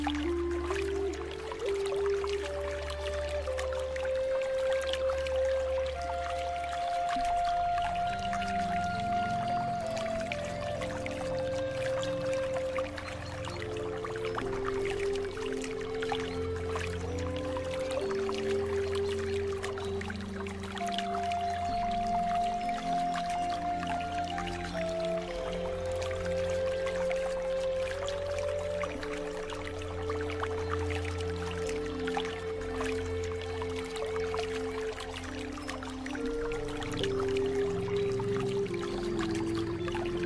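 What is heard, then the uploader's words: Flowing water runs steadily throughout, a dense, even hiss filling the upper range. Beneath it, slow deep music plays: sustained low bass tones and a soft melodic line of long held notes that shift every few seconds, staying calm and unbroken for the whole clip. Relaxing Water flow sound with deep Relaxing Music __ Nature sounds.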